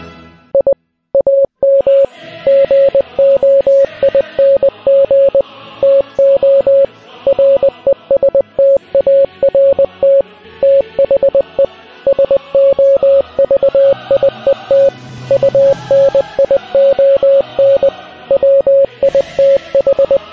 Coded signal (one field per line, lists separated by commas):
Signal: Morse code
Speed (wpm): 20 wpm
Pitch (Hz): 550 Hz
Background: music, radio noise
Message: I AM GOING TO RESTART THE SOVIET UNION WITH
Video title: Send this to someone who knows morse code